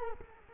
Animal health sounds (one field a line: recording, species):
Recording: mosquito wingbeat signal from an infrared sensor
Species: Culex quinquefasciatus